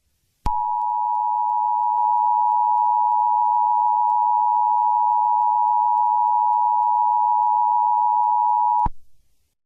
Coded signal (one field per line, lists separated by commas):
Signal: Emergency Alert System (SAME) tones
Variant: 853 and 960 Hz attention tone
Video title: EAS 1